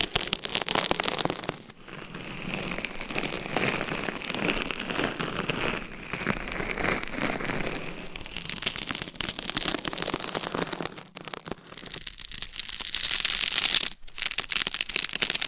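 Mic scratching against a homemade cover fills the recording with dense, rough rustling and crackling that runs nearly without pause. The scraping is bright and hissy, with brief dips into silence around two, eleven, and fourteen seconds before the rubbing resumes.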